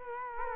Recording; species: mosquito wingbeat signal from an infrared sensor; Culex quinquefasciatus